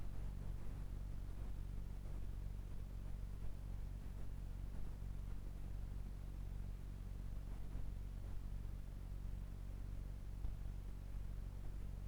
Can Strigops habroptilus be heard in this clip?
no